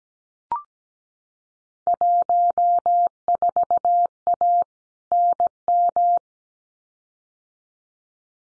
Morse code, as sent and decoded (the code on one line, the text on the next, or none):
.---- ....- .- / -. --
14A NM